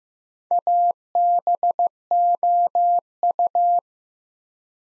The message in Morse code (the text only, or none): ABOU